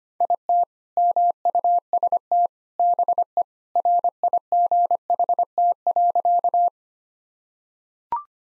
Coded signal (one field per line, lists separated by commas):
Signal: Morse code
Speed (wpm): 25 wpm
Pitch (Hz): 700 Hz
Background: none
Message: IT MUST BE RIGHT.